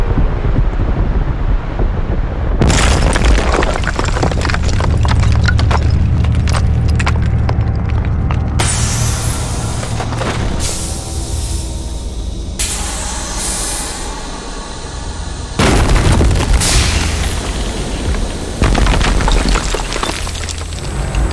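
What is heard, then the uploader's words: Alien tripod sound effects: a heavy mechanical rumble with deep, steady low drones and clanking, grinding textures. Sections shift abruptly around 2.5, 8.5, 12.5 and 15.5 seconds, alternating dense metallic clatter with hissing, whining passages, all loud. Alien Tripod Sound Effects.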